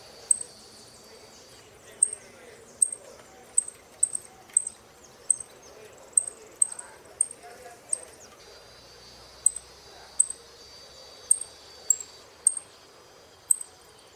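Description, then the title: Saffron finch sounding a run of quiet, high, clipped chip notes, with a short pause partway, against a faint constant hiss. "Jilguero Argentino"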